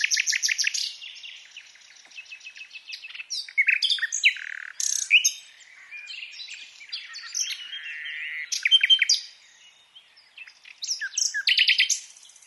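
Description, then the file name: Common nightingale singing several separate phrases of rapid repeated notes, whistles and chirps, separated by brief gaps. "Luscinia megarhynchos"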